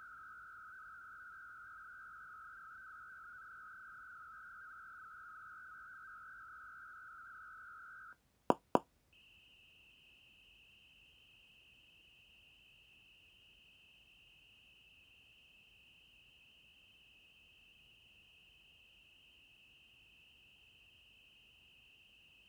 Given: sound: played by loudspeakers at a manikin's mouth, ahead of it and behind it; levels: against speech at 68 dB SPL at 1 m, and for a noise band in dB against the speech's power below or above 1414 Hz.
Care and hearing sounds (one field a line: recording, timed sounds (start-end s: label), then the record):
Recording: test signals for a remote microphone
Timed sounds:
0.00-8.13 s: noise band at 1414 Hz, as loud as that band is in speech
8.50 s: click
8.75 s: click
9.13-22.49 s: noise band at 2828 Hz, as loud as that band is in speech
From the record:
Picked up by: measurement microphone